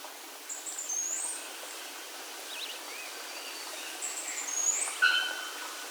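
Sparse bird calls: two high, sliding whistles a few seconds apart, a brief wavering note and a short tone, with steady background hiss.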